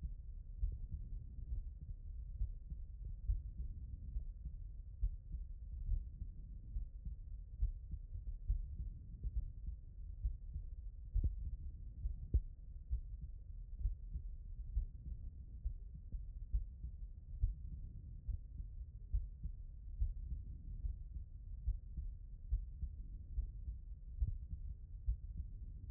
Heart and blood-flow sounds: heart sounds by stethoscope; pulmonary valve (PV)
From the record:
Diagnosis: non-HFrEF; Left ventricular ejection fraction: 49%

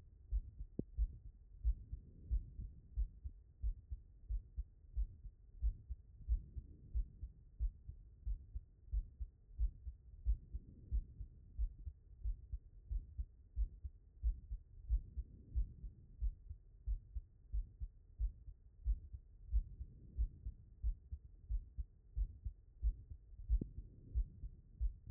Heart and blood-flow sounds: heart sounds by stethoscope; pulmonary valve (PV)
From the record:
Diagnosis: non-HFrEF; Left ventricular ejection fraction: 73%

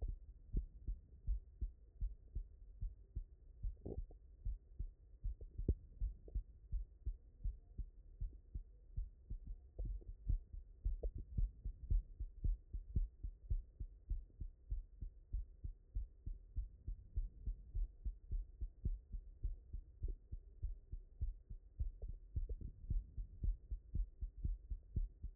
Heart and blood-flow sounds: heart sounds by stethoscope; mitral valve (MV)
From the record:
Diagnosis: non-HFrEF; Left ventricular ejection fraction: 69%

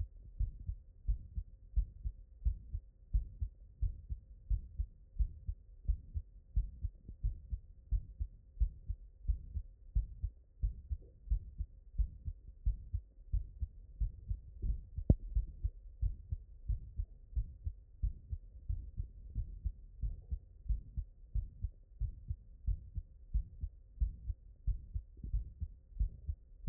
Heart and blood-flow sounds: heart sounds by stethoscope; mitral valve (MV)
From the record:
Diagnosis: non-HFrEF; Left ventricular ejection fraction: 71%

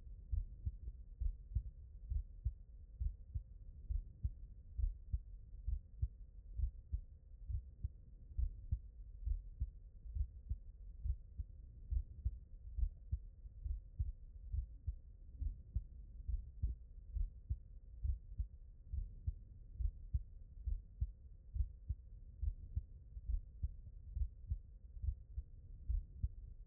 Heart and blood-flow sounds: heart sounds by stethoscope; mitral valve (MV)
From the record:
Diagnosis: non-HFrEF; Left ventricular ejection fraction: 71%

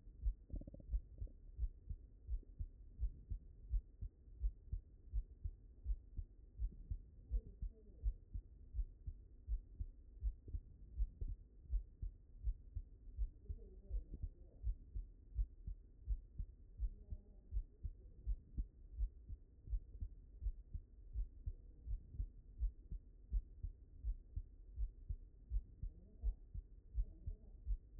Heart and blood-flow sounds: heart sounds by stethoscope; mitral valve (MV)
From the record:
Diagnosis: non-HFrEF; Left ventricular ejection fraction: 71%

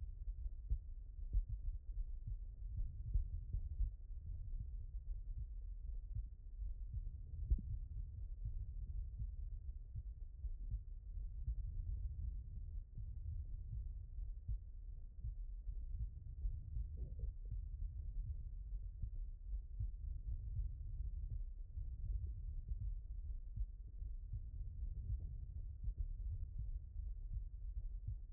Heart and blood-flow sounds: heart sounds by stethoscope; aortic valve (AV)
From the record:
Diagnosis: non-HFrEF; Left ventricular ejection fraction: 65%

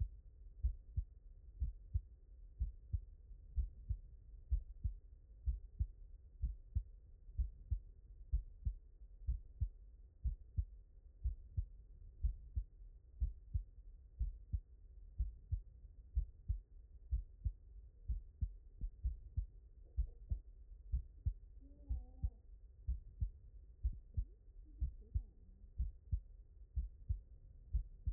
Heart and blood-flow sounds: heart sounds by stethoscope; mitral valve (MV)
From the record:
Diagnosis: non-HFrEF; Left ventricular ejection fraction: 45%

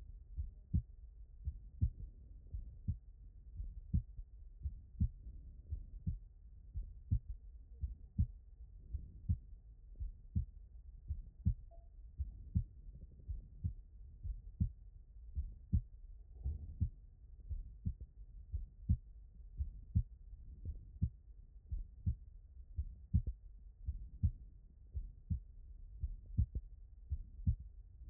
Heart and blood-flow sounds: heart sounds by stethoscope; aortic valve (AV)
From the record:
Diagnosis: non-HFrEF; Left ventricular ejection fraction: 62%

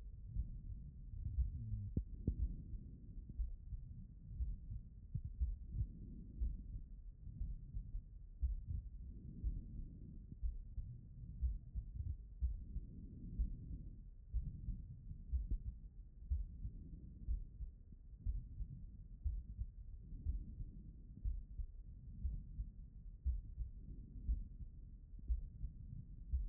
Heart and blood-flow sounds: heart sounds by stethoscope; pulmonary valve (PV)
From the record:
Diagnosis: non-HFrEF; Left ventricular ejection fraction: 71%

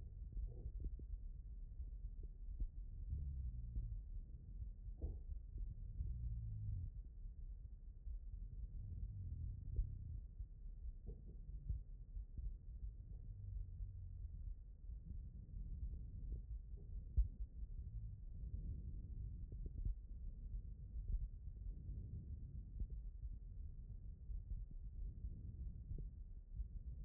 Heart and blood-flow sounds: heart sounds by stethoscope; aortic valve (AV)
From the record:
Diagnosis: non-HFrEF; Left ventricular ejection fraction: 62%

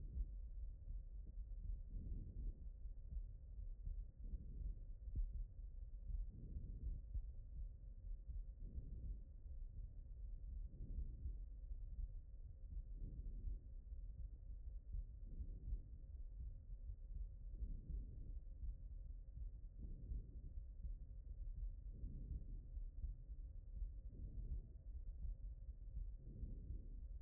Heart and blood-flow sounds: heart sounds by stethoscope; aortic valve (AV)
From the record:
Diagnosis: non-HFrEF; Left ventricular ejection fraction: 45%

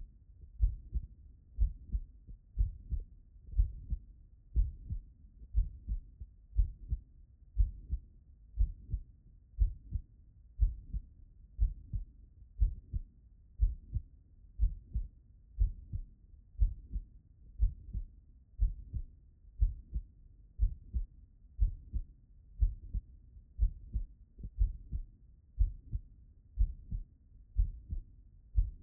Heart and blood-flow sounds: heart sounds by stethoscope; tricuspid valve (TV)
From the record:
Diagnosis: non-HFrEF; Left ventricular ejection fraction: 59%

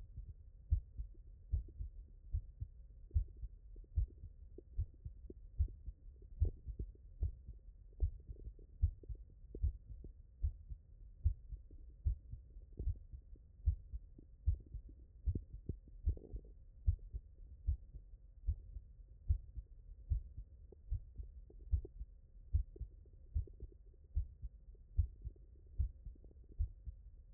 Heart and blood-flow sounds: heart sounds by stethoscope; tricuspid valve (TV)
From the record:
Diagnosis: non-HFrEF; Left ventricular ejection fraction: 57%

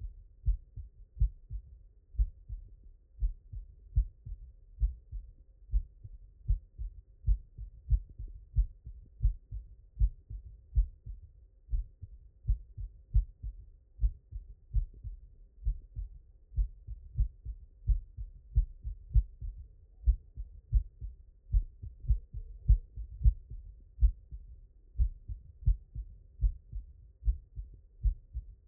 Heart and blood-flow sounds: heart sounds by stethoscope; mitral valve (MV)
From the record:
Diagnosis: non-HFrEF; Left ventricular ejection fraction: 61%

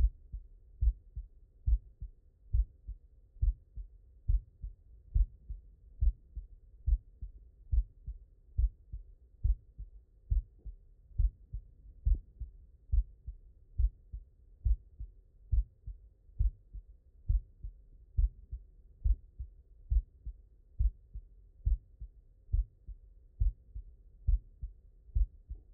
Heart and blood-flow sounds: heart sounds by stethoscope; mitral valve (MV)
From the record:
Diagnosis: non-HFrEF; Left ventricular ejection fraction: 66%

